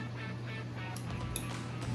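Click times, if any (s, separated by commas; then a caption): 1.4 s. Loc-line pliers are squeezed to push a flared plastic loc-line nozzle onto a ball-jointed loc-line segment over a steady low hum, with a fainter tick near 1.0 s. The nozzle snaps together with a sharp click at 1.4 s, and it is confirmed seated.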